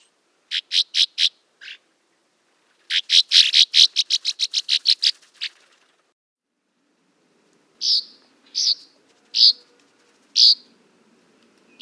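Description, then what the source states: Northern Rough-winged Swallow calling in rough, buzzy bursts, first a few notes, then a fast rattling run, followed by a few spaced single notes. Calls likened to laser guns.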